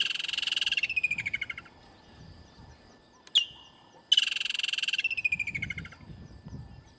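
Kingfisher calls: two bursts of rapid, shrill, pulsed trilling that slide downward, with one sharp high note between them and a quiet gap in the middle.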